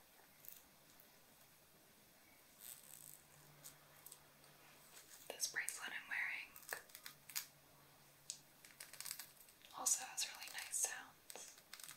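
Quiet scratching and brushing, like fabric and hair being rubbed, arriving in soft bursts that grow busier after the halfway mark. Bright little clicks and tinkles around six and ten to eleven seconds suggest jewelry being traced, over a faint low hum.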